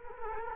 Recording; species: mosquito wingbeat signal from an infrared sensor; Culex quinquefasciatus